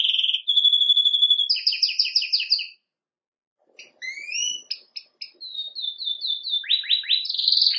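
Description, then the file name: Canary song starting with a steady whistled roll, then fast paired chips, a brief silence, and more slurred notes and rapid trills. "Canary Voice"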